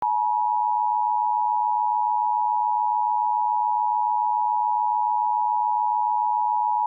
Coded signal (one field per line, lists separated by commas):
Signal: Emergency Alert System (SAME) tones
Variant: 853 and 960 Hz attention tone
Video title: EAS Scenario PREVIEW: Furry Virus Bad Ending